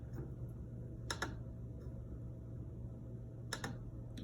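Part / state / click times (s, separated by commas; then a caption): objective lens on rotating nosepiece of microscope / seated / 1.1 s, 3.5 s. Someone rotates the revolving nosepiece of a microscope so an objective lens lines up with the tube for viewing, and the metal detent gives short, sharp double clicks over a steady low hum. The objective clicks into place at 1.1 s and again at 3.5 s, each click followed by a softer echoing tick, with one faint tick near the end.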